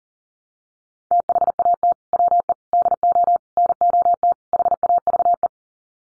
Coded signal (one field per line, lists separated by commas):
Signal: Morse code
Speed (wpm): 37 wpm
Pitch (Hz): 700 Hz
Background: none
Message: THAT WE DO NOT HAVE